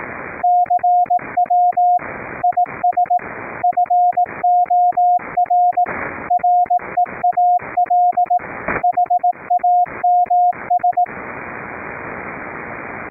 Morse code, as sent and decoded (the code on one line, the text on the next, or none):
-.-. .-- / .. ... / ..-. --- .-. / .-. . .- .-.. / .... .- -- ...
CW IS FOR REAL HAMS